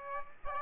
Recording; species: mosquito wingbeat signal from an infrared sensor; Aedes aegypti